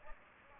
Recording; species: mosquito wingbeat signal from an infrared sensor; Aedes aegypti